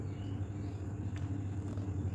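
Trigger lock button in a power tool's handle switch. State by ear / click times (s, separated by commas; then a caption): seated / 1.2 s. With the direction selector set to forward, the trigger lock button on a power tool's handle switch is pressed and latches with a short click at 1.2 s. A steady low hum and rumble continue underneath the whole time. The trigger lock engages and holds.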